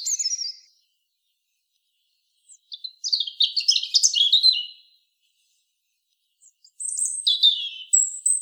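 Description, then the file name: European robin delivering three separate bursts of song, each a tumbling mix of high thin whistles and rapid twittering notes, with quiet gaps between them. "Erithacus rubecula"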